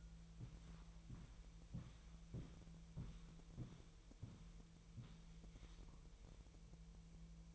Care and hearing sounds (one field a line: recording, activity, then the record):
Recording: daily activity, microphone in the room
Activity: walk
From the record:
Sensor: 1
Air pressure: 1002.1 hPa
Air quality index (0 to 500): 237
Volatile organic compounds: 93 ppm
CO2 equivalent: 3709 ppm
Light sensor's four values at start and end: 8/19/8/9 and 8/18/7/9